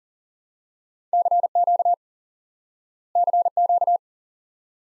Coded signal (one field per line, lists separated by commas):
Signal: Morse code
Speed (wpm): 37 wpm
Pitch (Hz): 700 Hz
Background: none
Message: CQ CQ